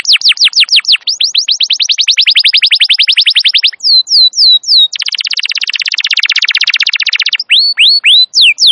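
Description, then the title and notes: Canary singing rapid trills of repeated notes, broken by short runs of slurred whistles, with a long dense buzzy roll in the middle. Wild canary song used as a master recording for luring and training canaries; described as a long, highly active singer. "Pikat Kenari GACOR PANJANG INI Cocok Untuk Masteran KENARI LIAR. Masteran burung kenari gacor parah"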